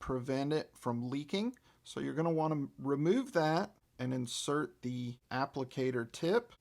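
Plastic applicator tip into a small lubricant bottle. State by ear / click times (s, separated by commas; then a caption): not seated / none. A plastic applicator tip is handled for a small pivot lubricant bottle whose leak-prevention cap is to be removed first. Someone talks throughout, and nothing has seated or clicked yet.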